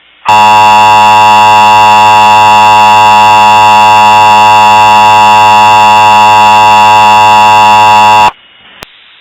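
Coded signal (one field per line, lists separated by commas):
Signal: Emergency Alert System (SAME) tones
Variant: 853 and 960 Hz attention tone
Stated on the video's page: Fictional EAS scenario.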